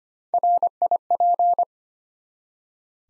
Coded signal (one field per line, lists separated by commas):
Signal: Morse code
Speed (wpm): 25 wpm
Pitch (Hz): 700 Hz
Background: none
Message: RIP